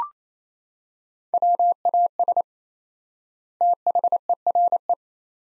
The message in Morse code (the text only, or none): WAS THERE